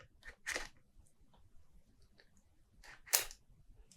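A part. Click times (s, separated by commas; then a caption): 3.1 s. A camera on its quick-release plate is slid backward from the front into the mounting rail of a Zhiyun Weebill 3E gimbal. A scraping burst near 0.5 s is followed by small ticks, then a sharp, bright click at 3.2 s as the safety lock engages and the plate seats in the rail.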